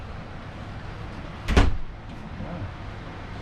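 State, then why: Seated. A furnace control knob in a rental Viking 17FQS Triangle RV is turned all the way back to its off position. A single sharp click at 1.5 s stands out over quiet background noise. The knob seats into its off detent, turning the furnace off.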